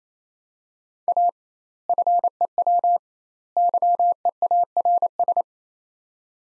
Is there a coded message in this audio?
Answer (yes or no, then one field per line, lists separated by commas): yes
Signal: Morse code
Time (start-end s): 1.1-5.4 s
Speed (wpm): 27 wpm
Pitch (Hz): 700 Hz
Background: none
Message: A FEW YEARS